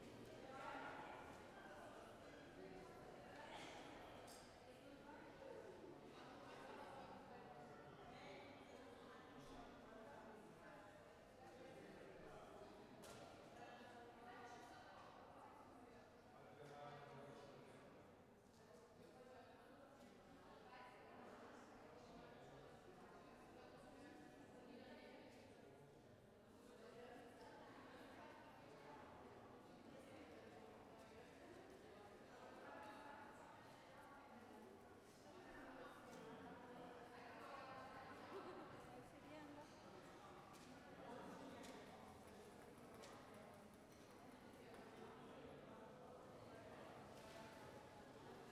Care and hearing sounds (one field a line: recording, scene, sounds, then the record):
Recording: everyday scene through a hearing-aid microphone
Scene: reverberant space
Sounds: background noise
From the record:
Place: railway station hall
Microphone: behind the ear, left, front